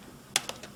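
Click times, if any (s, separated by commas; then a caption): 0.4 s. A CD drive module is pushed into the side modular bay of a Toshiba Tecra 780CDM laptop and latches with a loud, sharp plastic click at 0.4 s, followed by two fainter ticks at about 0.5 s and 0.6 s. The module is seated in the bay.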